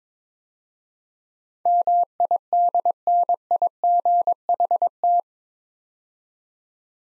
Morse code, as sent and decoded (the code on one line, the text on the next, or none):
-- .. -.. -. .. --. .... -
MIDNIGHT